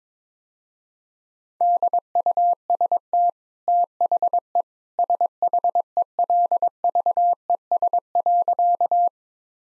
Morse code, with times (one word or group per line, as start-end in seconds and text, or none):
1.6-3.3 DUST
3.7-4.6 THE
5.0-9.1 SHELVES.